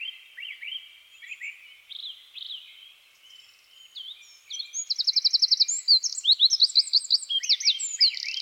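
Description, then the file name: Eurasian wren song: scattered curving chirps lead into a vigorous, fast, high-pitched trill and rattling twitters at the end. "Troglodytes troglodytes"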